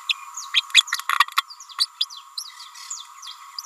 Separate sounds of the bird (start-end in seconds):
0.54-0.62, 0.74-0.84, 1.37-1.43, 1.78-1.86, 2.00-2.05